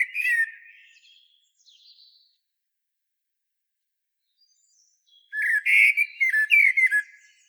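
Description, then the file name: Common blackbird song: a mellow whistled phrase with a thin squeaky ending, a long pause, then a louder warbling run of fluty notes. "Turdus merula"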